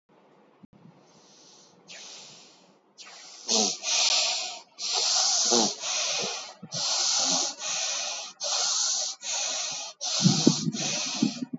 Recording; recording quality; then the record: deep breathing; excellent, no background noise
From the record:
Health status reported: exposed to COVID-19, no respiratory illness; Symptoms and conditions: none ticked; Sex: female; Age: 35 years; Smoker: not ticked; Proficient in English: yes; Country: India